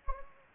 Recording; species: mosquito wingbeat signal from an infrared sensor; Anopheles gambiae